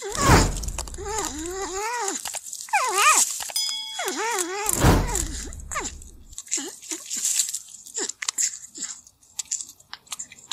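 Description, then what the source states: Porcupine calls: a run of harmonic whining squeals that arch up and down, then scattered short clicks and rustles. In the forest.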